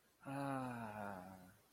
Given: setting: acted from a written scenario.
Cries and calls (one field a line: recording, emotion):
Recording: vocal sound without words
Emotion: romantic love